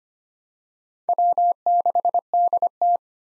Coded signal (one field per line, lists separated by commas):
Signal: Morse code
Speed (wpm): 25 wpm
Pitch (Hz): 700 Hz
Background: none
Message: W6DT